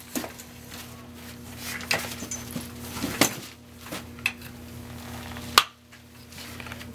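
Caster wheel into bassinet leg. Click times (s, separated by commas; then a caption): 5.6 s. Four caster wheels are taken from their package and pushed into the legs of a Dream On Me bassinet, with scattered knocks and plastic clatters from handling along the way. A sharp snap at 5.6 s marks the wheel seating into the leg.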